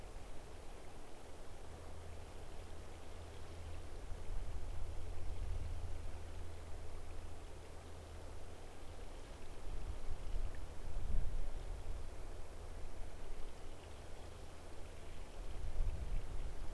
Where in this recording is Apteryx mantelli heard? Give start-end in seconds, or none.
none